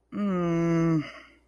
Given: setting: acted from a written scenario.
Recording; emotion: vocal sound without words; disappointment